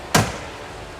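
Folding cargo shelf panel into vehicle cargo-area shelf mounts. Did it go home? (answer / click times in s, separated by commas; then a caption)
yes / 0.2 s. A folding cargo-area shelf panel in a 2022 Ford Bronco Sport Big Bend is folded in and pressed down onto its mounts, seating with a single sharp click at 0.2 s, helped by a magnet. The click is a broadband snap with a brief low thump that fades quickly over a quiet background. The shelf is seated in place.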